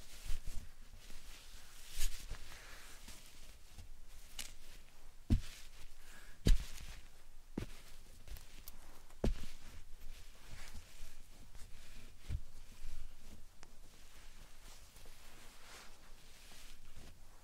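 Slime and sand being handled for ASMR: a soft, steady bed of squishing and fine crackle runs throughout. Sharper pops and clicks break through every second or two, strongest around two and six seconds, over a faint low rumble.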